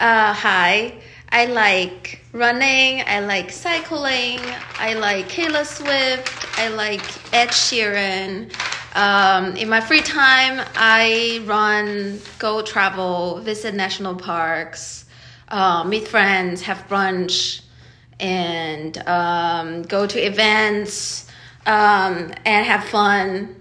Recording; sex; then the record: free speech after running; female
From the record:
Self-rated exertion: light exertion (2 of 6); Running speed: 5 miles an hour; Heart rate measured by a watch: 124 beats a minute at the start, 131 at the end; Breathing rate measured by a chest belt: 14 breaths a minute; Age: 31 years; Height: 167 cm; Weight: 62 kg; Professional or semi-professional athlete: no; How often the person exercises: 3 to 5 times a week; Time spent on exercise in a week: 4 to 5 hours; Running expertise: no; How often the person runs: 3 to 5 times a week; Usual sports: running, cycling, weight training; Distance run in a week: 15 miles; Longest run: 42 km